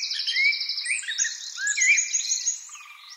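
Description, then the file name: Eurasian wren: a bird's high, fast trill followed by tangled twittering and slurred whistles, with a faint low buzzy trill near the end. "Troglodytes troglodytes"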